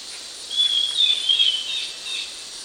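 Grey-headed Babbler calling: several high, slurred whistles in quick succession against a continuous background of buzzing insects.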